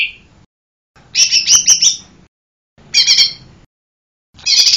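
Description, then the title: Bird song: harsh chattering bursts of rapid notes, each phrase about a second long, separated by silent gaps. "SuaraBurung Kicau"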